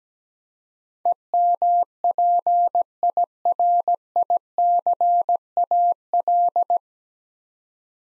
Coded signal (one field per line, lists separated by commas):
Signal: Morse code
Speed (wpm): 17 wpm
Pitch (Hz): 700 Hz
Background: none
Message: EMPIRICAL